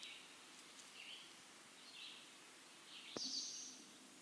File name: prairie warbler